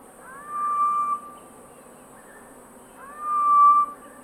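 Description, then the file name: Grey-headed bushshrike calling: two drawn-out hollow whistles, each rising briefly then held steady, spaced about two and a half seconds apart, with soft background noise. Call recorded at Skeerpoort on 2 January 2022 at 17:03. "Malaconotus blanchoti, roep te Skeerpoort, 2022-01-02 17 h 03"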